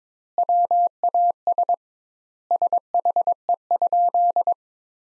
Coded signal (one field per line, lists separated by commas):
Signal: Morse code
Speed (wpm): 21 wpm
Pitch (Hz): 700 Hz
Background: none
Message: WAS SHE?